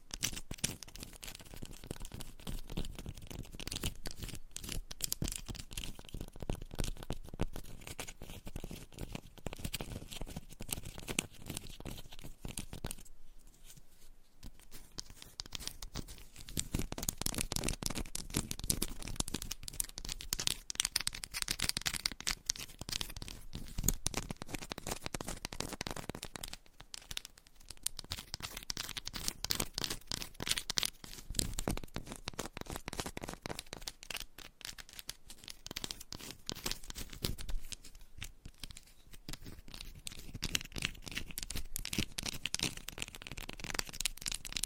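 Fast, aggressive tapping and scratching with nails on various items, a dense stream of quick, crackly hits running almost without pause. The rough, papery scratching stays busy throughout, easing briefly around 14 seconds and in short dips near 27, 34 and 38 seconds.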